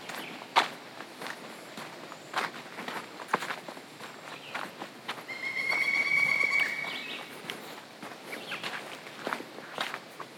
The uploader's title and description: A Walk in the Woods. Sounds of birds singing in the trees, the scuff of hiker’s boots, and crunching gravel underfoot